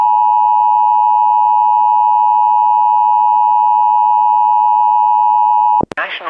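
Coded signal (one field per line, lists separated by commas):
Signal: Emergency Alert System (SAME) tones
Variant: 853 and 960 Hz attention tone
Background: speech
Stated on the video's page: Severe thunderstorm and tornado warnings aired on Illinois and Indiana radio stations, captured from live online radio streams.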